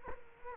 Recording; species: mosquito wingbeat signal from an infrared sensor; Culex quinquefasciatus